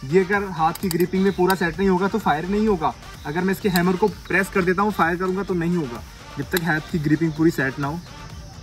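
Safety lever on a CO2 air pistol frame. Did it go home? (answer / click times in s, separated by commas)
no / none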